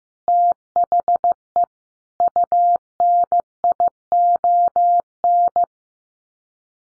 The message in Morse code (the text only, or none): THE UNION